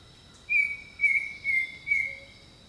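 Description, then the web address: Bird song: four sustained whistled notes in an even sequence, with continuous high-pitched insect buzzing behind. Jungle setting. "Echoes of Nature - Jungle Talk 01 Jungle Birdsong"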